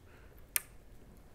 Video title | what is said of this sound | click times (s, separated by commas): Soundstream (HDHU.14si) Installation - 2014+ Harley-Davidson Street Glide/Electra Glide/Ultra | and with that little click you hear it's locked into place | 0.6 s